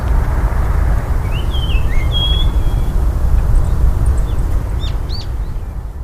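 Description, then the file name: Japanese grosbeak whistling a short phrase of clear, sliding notes, followed by a few faint chirps, over a steady low rumble. Recorded on 25 March 2011. "110325 ikaru"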